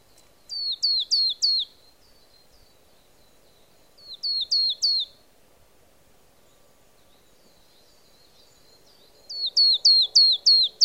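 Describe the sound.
Marsh tit delivering three bursts of rapid, high downslurred notes, the last run longer, separated by quiet gaps.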